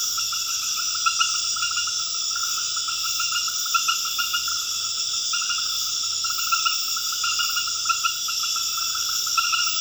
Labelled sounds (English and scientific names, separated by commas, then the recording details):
none
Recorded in dense forest near Puerto Asís, Putumayo, Colombia, on 9 March 2025 at 00:00
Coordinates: 0.481, -76.323
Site G088